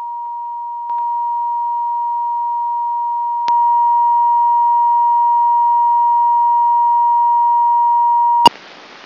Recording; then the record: brain microelectrode recording played as sound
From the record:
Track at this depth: outside the subthalamic nucleus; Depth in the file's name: 7.067 mm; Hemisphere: left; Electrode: 2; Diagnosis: Parkinson's disease